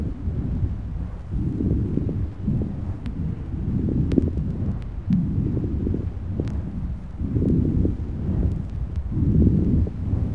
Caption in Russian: Влажные звонкие мелкопузырчатые хрипы при пневмонии на вдохе.